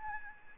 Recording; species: mosquito wingbeat signal from an infrared sensor; Aedes albopictus